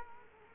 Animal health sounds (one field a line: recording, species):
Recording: mosquito wingbeat signal from an infrared sensor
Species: Culex quinquefasciatus